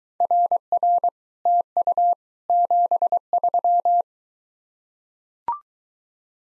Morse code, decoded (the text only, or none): RR TU 73